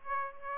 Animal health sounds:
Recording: mosquito wingbeat signal from an infrared sensor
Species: Aedes aegypti

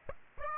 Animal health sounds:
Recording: mosquito wingbeat signal from an infrared sensor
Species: Aedes aegypti

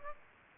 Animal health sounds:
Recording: mosquito wingbeat signal from an infrared sensor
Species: Aedes aegypti

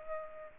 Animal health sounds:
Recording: mosquito wingbeat signal from an infrared sensor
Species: Aedes aegypti

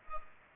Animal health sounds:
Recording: mosquito wingbeat signal from an infrared sensor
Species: Culex pipiens

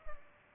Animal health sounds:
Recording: mosquito wingbeat signal from an infrared sensor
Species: Culex pipiens

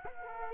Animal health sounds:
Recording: mosquito wingbeat signal from an infrared sensor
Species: Culex quinquefasciatus

